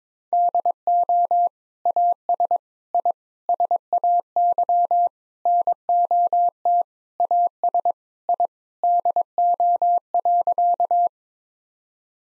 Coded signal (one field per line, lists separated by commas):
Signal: Morse code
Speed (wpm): 21 wpm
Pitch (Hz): 700 Hz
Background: none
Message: DO AS I SAY NOT AS I DO.